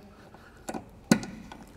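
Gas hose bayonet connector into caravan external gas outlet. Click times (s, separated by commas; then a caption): 1.1 s. The bayonet connector on a Weber Q BBQ's gas extension hose is pushed into a caravan's external gas outlet and turned until it locks. A faint tap and a sharper click lead to the loudest, crisp locking click at 1.1 s, followed by a couple of small ticks. The fitting is seated and locked into place.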